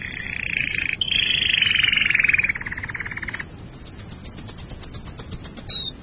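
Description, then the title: Bird song: a rattling, rapidly pulsed trill that slowly drops in pitch and fades after three seconds, followed by faint ticking and one short high note. "burung online"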